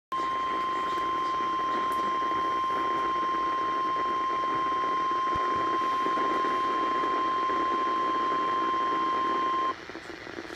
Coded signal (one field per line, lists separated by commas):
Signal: Emergency Alert System (SAME) tones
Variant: 1050 Hz attention tone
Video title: [EAS #204] Flash Flood Warning